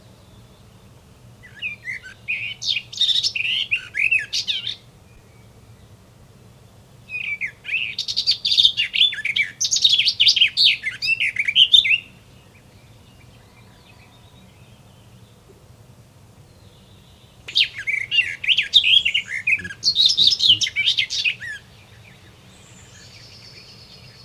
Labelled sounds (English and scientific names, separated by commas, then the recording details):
Garden Warbler (Sylvia borin) song
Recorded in the wild
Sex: male
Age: adult
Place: Schloß Holte-Stukenbrock, Senne, Nordrhein-Westfalen, DE
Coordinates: 51.8722, 8.665
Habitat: farm
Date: 1973-06-03
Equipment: Uher 4200 Report Stereo, Bändchenmikro Beyer M 260, Parabolspiegel Polyester (600 mm)
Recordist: Conrads, Klaus